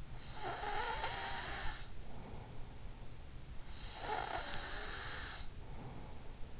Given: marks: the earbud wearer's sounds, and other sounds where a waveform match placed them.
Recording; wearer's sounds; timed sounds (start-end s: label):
sounds in sleep by an in-ear microphone; snoring breath
0.33-2.66 s: snoring breath
3.82-6.60 s: snoring breath